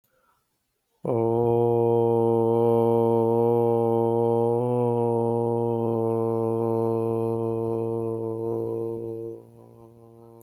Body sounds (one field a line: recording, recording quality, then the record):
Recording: sustained vowel as in boot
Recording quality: moderate, slight background noise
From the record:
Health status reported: healthy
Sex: male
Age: 43 years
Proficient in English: yes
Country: India